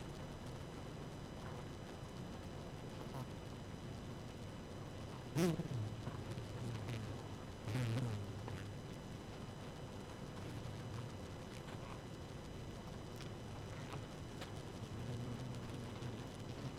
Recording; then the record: honeybee colony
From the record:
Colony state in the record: active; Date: 12 June 2018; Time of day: 1:06